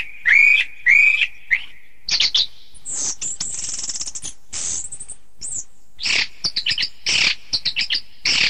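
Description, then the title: Thrush song opening with two clear rising whistles, then a high buzzy trill and a rapid series of sharp chirps and squeaks. "Suara Burung Anis"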